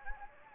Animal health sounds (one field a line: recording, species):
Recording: mosquito wingbeat signal from an infrared sensor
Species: Anopheles gambiae